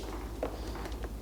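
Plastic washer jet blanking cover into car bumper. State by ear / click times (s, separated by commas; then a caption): not seated / none. A plastic washer-jet blanking cover is handled at its opening in the front bumper of a Touareg, which has no washer jets because it lacks xenon lights. Two brief, soft handling knocks sound at about 0.4 and 1.0 seconds over a low steady background. Nothing has seated or clicked yet.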